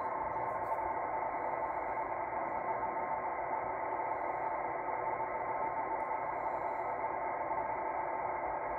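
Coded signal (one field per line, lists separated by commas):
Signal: NAVTEX (SITOR-B)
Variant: 100 baud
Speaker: apparently this at 0 45 is supposed to be Boston this is what I'm receiving here is from Boston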